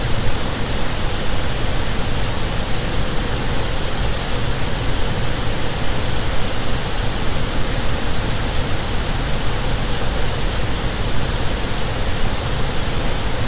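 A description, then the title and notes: Pink noise plays as a constant, even hiss with no breaks or events. The sound is dense and unchanging, weighted toward a fuller low rumble beneath a softer hiss, and holds the same level from start to finish. Pink Noise.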